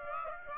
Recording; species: mosquito wingbeat signal from an infrared sensor; Aedes aegypti